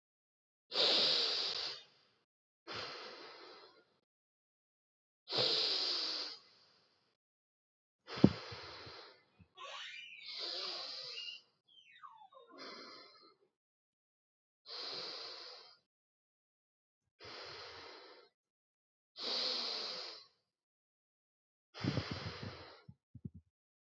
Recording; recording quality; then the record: deep breathing; moderate, slight background noise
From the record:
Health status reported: healthy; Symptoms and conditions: none ticked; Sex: male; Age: 22 years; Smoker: not ticked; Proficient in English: yes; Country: Canada